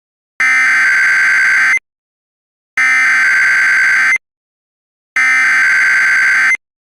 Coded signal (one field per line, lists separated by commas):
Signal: Emergency Alert System (SAME) tones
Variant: header bursts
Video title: The National EAS Test Hijacking Of 2011